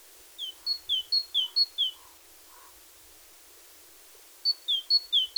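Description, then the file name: Great tit singing short series of high-low two-note whistles with a gap between runs. "Parus major"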